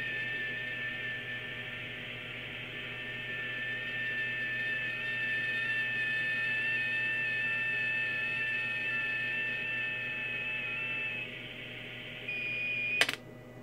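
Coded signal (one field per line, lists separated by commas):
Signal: FT8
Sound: soft warbling single tone stepping in pitch for about twelve seconds, steady whine underneath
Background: hum and radio hiss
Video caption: contact 20 meters ft 8 fourth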